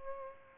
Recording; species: mosquito wingbeat signal from an infrared sensor; Aedes albopictus